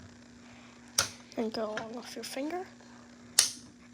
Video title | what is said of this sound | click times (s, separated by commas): How to install a glass rod in a EST fire alarm ￼ | snap it right in there | 1.0 s